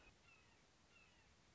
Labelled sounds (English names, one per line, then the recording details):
Red-shouldered Hawk
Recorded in Sonoma County, California